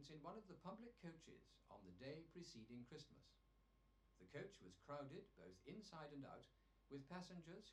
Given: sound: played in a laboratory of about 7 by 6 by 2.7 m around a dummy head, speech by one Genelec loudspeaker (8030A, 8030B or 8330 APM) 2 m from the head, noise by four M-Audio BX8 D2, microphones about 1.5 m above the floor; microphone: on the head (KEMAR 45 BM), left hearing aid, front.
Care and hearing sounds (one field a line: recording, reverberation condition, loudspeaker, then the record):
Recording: male speech in English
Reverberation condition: low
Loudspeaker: behind (180 degrees)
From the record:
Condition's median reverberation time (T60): about 310 ms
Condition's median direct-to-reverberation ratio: about 3.5 dB